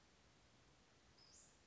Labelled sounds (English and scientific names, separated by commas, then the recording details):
Western Flycatcher (Empidonax difficilis)
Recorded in Sonoma County, California